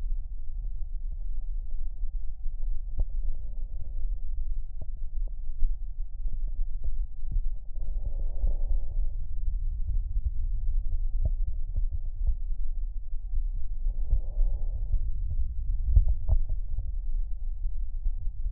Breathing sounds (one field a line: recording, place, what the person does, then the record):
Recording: lung sounds by stethoscope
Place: right anterior apical chest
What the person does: quiet breathing, then deep breathing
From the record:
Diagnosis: COPD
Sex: male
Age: 65 years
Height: 162 cm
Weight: 67.8 kg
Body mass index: 25.8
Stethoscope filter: extended mode